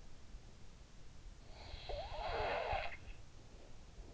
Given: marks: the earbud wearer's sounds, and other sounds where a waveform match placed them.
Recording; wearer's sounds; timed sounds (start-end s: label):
sounds in sleep by an in-ear microphone; snoring breath
1.23-3.89 s: snoring breath